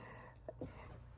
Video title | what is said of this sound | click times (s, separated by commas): UNBOXING - “New” Wahoo Dual Power Pedals, thoughts on Speedplay, who should have a power meter | You'll snap this into place, which is pretty hard to do. | 0.5 s